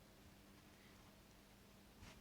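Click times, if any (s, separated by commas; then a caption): none. Someone tries to join a small plastic LEGO tranquilizer dart piece to a toy tranq gun piece, but no click is heard and the pieces have not seated. Only a steady low hum and faint background noise fill the clip, with a brief soft rustle around 2.0 s.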